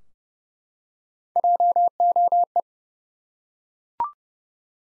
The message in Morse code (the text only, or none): JOE